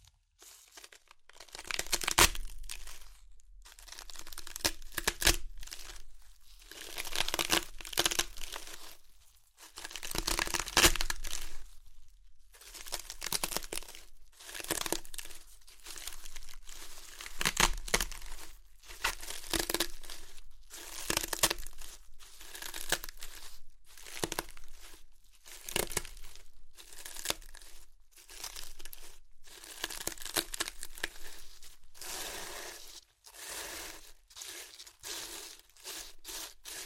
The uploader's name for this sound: Chips Crunchy Crushing & Eating Sounds